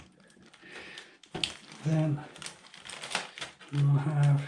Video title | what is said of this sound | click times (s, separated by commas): Installing M.2 ssd, RTX3060TI GPU, Motherboard & PSU power supply | can only go in one way push it till it clicks | 1.4 s